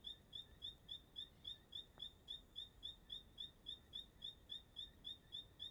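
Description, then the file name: Bird song of rapid, regular, thin chirps sounding much like a cricket, continuing without pause, with soft background noise. Singing at dusk in Chapada dos Veadeiros park; song described as sounding like a cricket. "Entardecer no Parque da Chapada dos Veadeiros com passaro cantando como um grilo"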